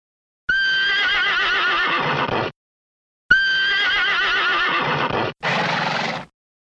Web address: sounds horse